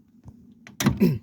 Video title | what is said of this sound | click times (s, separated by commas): Swagman Chinook Bike Rack Product Review | and then it actually locks right in place | 0.8 s